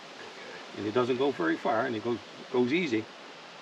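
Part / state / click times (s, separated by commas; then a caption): night latch on a steel body-grip trap / not seated / none. Someone talks while a new trapper presses down on the night latch (safety catch) of a steel body-grip trap, handling it toward its set position. The latch has not yet clicked into place and nothing has seated; the clip ends just before it goes home.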